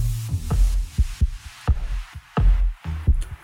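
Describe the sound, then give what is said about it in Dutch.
The heartbeat of a novelist thumps low and heavy in a steady lub-dub rhythm, roughly one beat per second, each pulse a muffled deep thud with no voices. “Dit is de hartslag van ….”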